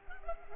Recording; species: mosquito wingbeat signal from an infrared sensor; Culex pipiens